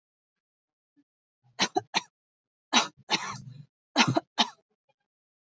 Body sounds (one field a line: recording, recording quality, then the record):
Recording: heavy voluntary cough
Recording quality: excellent, no background noise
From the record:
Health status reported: healthy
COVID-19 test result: negative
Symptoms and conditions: none ticked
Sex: female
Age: 53 years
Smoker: not ticked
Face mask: worn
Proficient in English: yes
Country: India